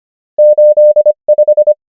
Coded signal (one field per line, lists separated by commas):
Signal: Morse code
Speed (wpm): 25 wpm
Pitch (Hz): 600 Hz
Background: none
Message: 8 5